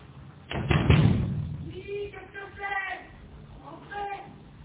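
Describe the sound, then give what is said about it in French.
A quick cluster of loud, heavy knocks on the glass door of a concierge's lodge, thudding close together in the first second, followed by a person's voice speaking. “Il frappe plus fort.”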